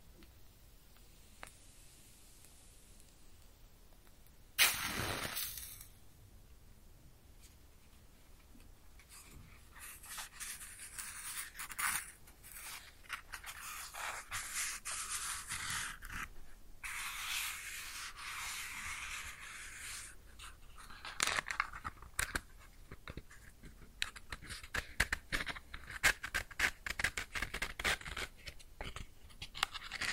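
A match is struck close up after about four seconds of near silence, flaring with a sharp scrape and a bright hiss. Soft rushing sizzles swell and fade through the middle, then give way to dense, irregular crackles and pops until the end.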